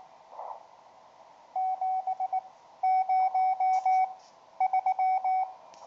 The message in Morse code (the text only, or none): 703